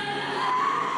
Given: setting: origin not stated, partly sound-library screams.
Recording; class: one-second piece from a danger detection set; woman in danger